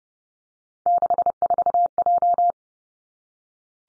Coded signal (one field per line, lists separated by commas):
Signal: Morse code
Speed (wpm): 30 wpm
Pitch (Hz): 700 Hz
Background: none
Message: 64J